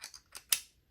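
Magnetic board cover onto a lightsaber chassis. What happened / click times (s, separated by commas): The cover snapped into place / 0.5 s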